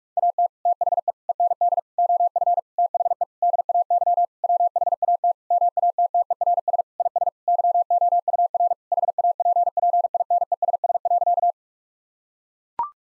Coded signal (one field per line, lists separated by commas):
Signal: Morse code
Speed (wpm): 44 wpm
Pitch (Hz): 700 Hz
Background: none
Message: AT THE END OF THE DAY WHAT MATTERS IS YOUR HAPPINESS.